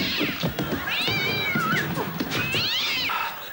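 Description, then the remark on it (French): A cat lets out two long, wailing meows, each pitch sliding up and then falling away, loud and strained over a busy, noisy background with no talking. “N'oubliez pas de faire bouillir votre chat.”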